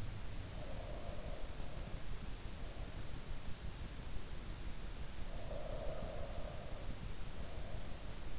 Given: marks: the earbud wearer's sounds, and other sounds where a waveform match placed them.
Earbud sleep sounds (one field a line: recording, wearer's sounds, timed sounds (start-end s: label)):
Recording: sounds in sleep by an in-ear microphone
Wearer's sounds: breath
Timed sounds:
0.00-2.11 s: breath
5.14-8.17 s: breath